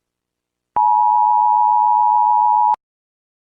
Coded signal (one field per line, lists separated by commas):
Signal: Emergency Alert System (SAME) tones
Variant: 853 and 960 Hz attention tone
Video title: eas alarm prank